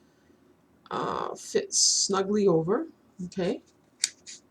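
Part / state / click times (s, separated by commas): 2-inch adapter sleeve onto zoom eyepiece / seated / 4.0 s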